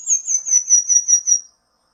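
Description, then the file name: Pin-tailed manakin giving a rapid string of about seven thin, high whistled notes, evenly spaced and easing slightly downward, then stopping abruptly. "canto do tangarazinho"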